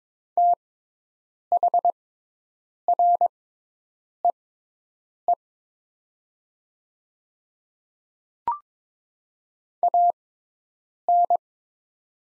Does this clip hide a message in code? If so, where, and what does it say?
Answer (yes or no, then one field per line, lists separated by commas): yes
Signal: Morse code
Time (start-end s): 0.4-11.4 s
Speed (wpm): 22 wpm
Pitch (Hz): 700 Hz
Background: none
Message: THREE AN